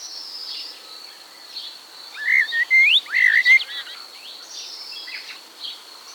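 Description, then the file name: Common starling song: slurred whistles rising and falling between mid and high pitch, bunched around the middle, over a steady high-pitched hum. "seregely"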